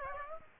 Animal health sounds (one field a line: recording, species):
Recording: mosquito wingbeat signal from an infrared sensor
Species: Aedes aegypti